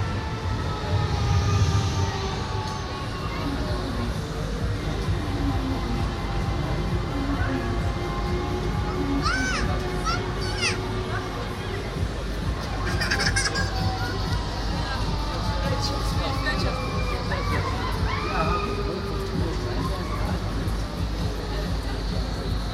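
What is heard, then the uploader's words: A busy outdoor street festival with a dense, steady crowd of voices talking all around. Long sustained musical tones drift through, likely fairground rides or music, with brighter clanks and bursts near 10 and 13 seconds over a constant low rumble. Kingsday/Koningsdag Lange Vijverberg Den Haag. The annual Dutch celebration of Koningsdag (Kingsday) with markets, a fair and many different events.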